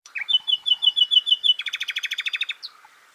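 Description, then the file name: Common nightingale song: a quick series of repeated clear whistled notes, then a loud, fast, rattling trill of stacked notes, ending with a short chirp. "Luscinia megarhynchos"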